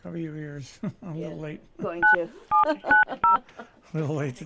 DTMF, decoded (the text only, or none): 9790